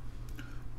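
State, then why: Seated. Crimped metal pins are pushed into a plastic connector housing for an internal keyboard cable on an Amiga 500. Two faint, short clicks at 0.3 s and 0.4 s rise over a steady low hum as the pins lock into place, and the pins are seated.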